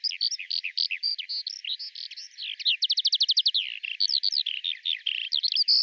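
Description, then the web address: Bird giving a rapid, varied stream of sharp high chirps, with a fast even trill of notes in the middle, then more chirps and a final whistle. "Deverinetal 2025 File cleaned normalized Bird Al Ar"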